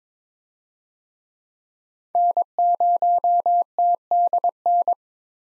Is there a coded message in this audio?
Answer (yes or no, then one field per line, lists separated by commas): yes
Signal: Morse code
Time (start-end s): 2.2-4.9 s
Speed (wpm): 22 wpm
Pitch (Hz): 700 Hz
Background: none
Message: N0TDN